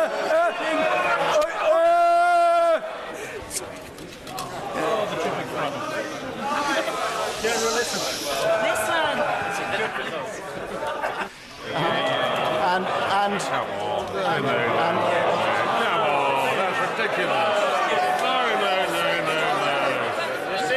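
Overlapping voices fill the clip with steady crowd chatter between speeches, several people talking at once. Near two seconds a clear, rising and falling tone stands out briefly, and around eleven seconds the talk dips for a moment before resuming at a similar level.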